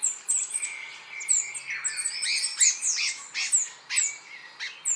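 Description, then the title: Songbird singing a rapid, varied stream of very high squeaky notes, slurred whistles and chirps, nearly continuous. "LuckyPassaro Completos2Sama"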